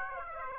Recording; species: mosquito wingbeat signal from an infrared sensor; Aedes aegypti